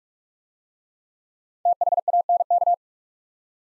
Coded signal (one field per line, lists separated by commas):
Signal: Morse code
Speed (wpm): 44 wpm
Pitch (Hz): 700 Hz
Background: none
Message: THANK